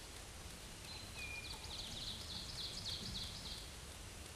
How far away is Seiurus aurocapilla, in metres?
about 65 m